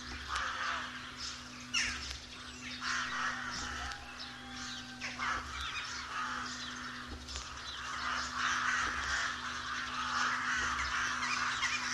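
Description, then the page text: Rook colony clamour: many rasping caws overlap continuously, with a few sharper single calls standing out and a constant faint hum beneath. "Б. Вепринцев - Голоса весны (1970) - A1. Колония грачей"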